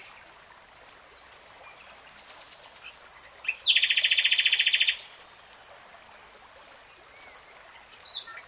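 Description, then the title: Nightingale song with a single loud, fast buzzing trill lasting over a second, framed by quiet pauses and faint bird notes. "[Tiếng chim hót] Nightingale Singing"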